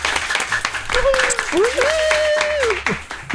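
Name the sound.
applause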